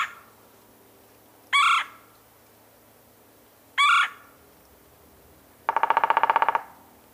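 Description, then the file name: Red-bellied woodpecker calls: two short, rolling harmonic churrs about two seconds apart, then a quick rattling burst of rapid notes near the end. "Red bellied Woodpecker Melanerpes carolinus"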